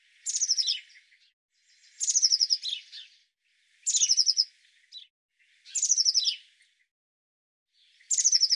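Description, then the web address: Eurasian blue tit calling repeatedly: high thin notes running into buzzy chattering churrs, five bursts roughly every one and a half to two and a half seconds. "cianscape birddata Deverinetal 2025 File cleaned normalized Bird Cy Ca"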